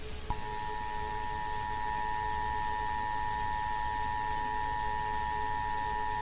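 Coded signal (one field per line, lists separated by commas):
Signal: Emergency Alert System (SAME) tones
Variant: 853 and 960 Hz attention tone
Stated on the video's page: Fictional EAS scenario of a US earthquake alert; tones may be valid.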